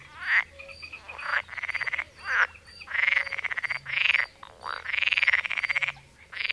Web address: Fotoim Hangok Pelophylax lessonae